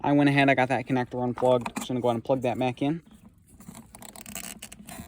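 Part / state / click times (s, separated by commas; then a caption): tail light wiring connector into the tail light assembly socket / seated / 4.6 s. Someone talks for the first three seconds, then a plastic tail light wiring connector is plugged back into its socket on an LED tail light assembly on a Ford Ranger. A few faint handling ticks follow, and the connector clicks into place at 4.6 seconds, seated.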